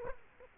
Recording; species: mosquito wingbeat signal from an infrared sensor; Aedes aegypti